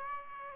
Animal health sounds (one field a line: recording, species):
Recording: mosquito wingbeat signal from an infrared sensor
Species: Aedes aegypti